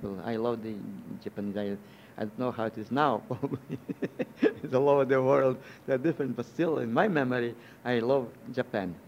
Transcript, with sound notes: I love the Japanese. I don't know how it is now, (he laughs) it is all over the world, they are different. But still, in my memory, I love Japan.